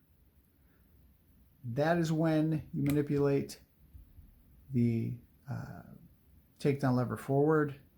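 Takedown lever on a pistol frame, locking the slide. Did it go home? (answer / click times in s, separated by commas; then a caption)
no / none. During reassembly of a Beretta Model 70S pistol, with the slide pushed back onto the frame, the metal takedown lever that locks the slide is being turned forward while someone talks. The clip ends before the lever clicks into its locked position, so nothing has seated or clicked yet.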